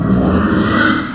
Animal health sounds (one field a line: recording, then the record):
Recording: squeal of a Yucatan mini pig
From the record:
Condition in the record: after surgery on the right vocal fold (resection and tissue-engineered implant)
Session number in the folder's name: 6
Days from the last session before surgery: 40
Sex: female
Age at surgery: 19 weeks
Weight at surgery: 25 kg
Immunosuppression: prednisolone